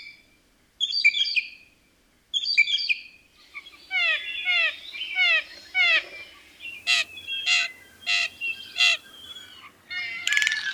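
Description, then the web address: Blue jay calls, a varied series of harsh, nasal notes: short harmonic phrases, a rapid run of notes, then several loud, regular, clipped calls. "Songs of Birds of North America Know Your Bird Sounds. Blue Jay"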